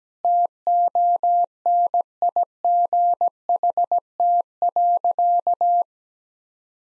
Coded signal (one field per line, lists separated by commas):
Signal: Morse code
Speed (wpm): 17 wpm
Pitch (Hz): 700 Hz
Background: none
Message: TONIGHT.